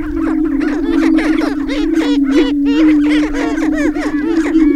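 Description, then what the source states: Greater prairie chickens booming in a continuous low moaning hum, with dense bursts of cackling and chattering calls on top. Booming recorded on 6 May 2005.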